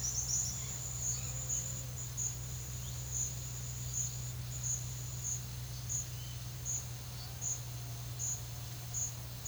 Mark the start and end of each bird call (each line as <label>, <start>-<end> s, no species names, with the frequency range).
bird call (4.6-6.7 kHz), 0.00-0.59 s